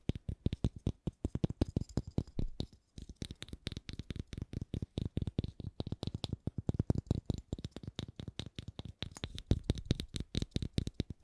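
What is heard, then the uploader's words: Rapid, addictive tapping runs throughout, with dense trains of sharp taps landing many times per second. Each hit has a low thump and a crisp, bright click on top. There is a brief pause near the three-second mark, then the taps resume and continue steadily to the end. ASMR Addictive Tapping.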